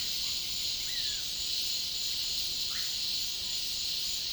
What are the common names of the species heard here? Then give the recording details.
Great Kiskadee, Russet-backed Oropendola. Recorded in dense forest near Puerto Asís, Putumayo, Colombia, on 18 February 2024 at 10:00. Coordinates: 0.502, -76.324. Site G6370